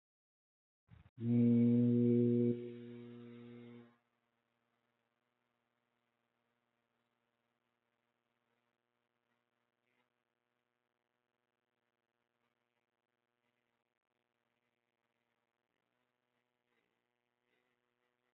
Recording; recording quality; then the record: sustained vowel as in made; moderate, slight background noise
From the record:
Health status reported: healthy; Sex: male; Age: 28 years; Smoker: yes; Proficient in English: yes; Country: India